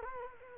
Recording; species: mosquito wingbeat signal from an infrared sensor; Culex quinquefasciatus